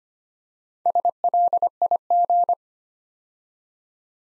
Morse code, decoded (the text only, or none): SLIG